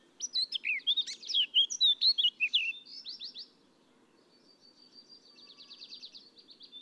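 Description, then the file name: Eurasian blackcap song: a quick run of rich, warbling notes for about three seconds, then a softer, faster series of repeated notes held on one pitch. "Sylvia atricapilla"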